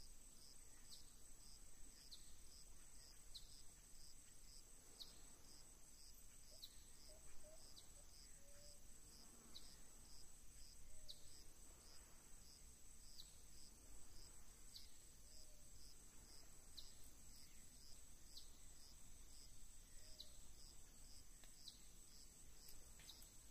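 Tropical Atlantic Forest ambience, carried by a steady, high insect drone that pulses at a fast, regular rate throughout. Faint bird chirps surface now and then, around the middle and near the end, over a low, constant rumble.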